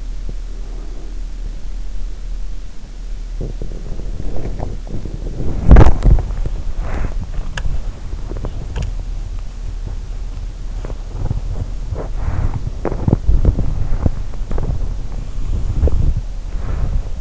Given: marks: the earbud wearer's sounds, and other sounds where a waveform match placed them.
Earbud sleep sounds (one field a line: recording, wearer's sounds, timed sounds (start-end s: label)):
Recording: sounds in sleep by an in-ear microphone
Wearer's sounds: breath, body movement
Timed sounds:
0.25-1.52 s: breath
3.60-17.21 s: body movement